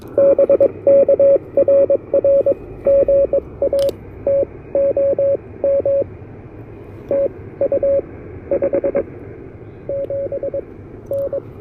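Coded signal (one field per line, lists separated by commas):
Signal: Morse code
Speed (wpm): 22 wpm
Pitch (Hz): 560 Hz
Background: radio noise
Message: BK RR GA TOM TU 57N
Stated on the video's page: Super-portable CW park activation with an Elecraft KH1 on a right-angle antenna adapter, keyed with a pressure paddle.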